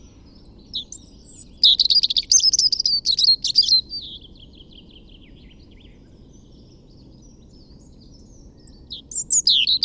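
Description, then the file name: European robin song: a rapid run of thin, high, tinkling and trilling notes for about four seconds, a quiet pause, then a fresh sharp phrase begins at the end. "Erithacus rubecula"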